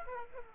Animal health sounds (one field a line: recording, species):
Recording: mosquito wingbeat signal from an infrared sensor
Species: Aedes aegypti